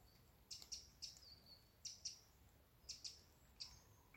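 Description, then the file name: Eurasian wren calls: several brief, high, clicking tick notes in small clusters. "Troglodytes troglodytes"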